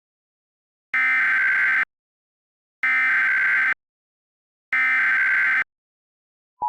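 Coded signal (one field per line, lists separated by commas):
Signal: Emergency Alert System (SAME) tones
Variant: header bursts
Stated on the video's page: Fictional, remastered EAS scenario about a second civil war.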